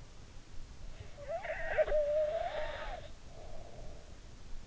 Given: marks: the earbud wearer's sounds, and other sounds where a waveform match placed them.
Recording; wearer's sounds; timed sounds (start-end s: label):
sounds in sleep by an in-ear microphone; snoring breath
0.72-4.26 s: snoring breath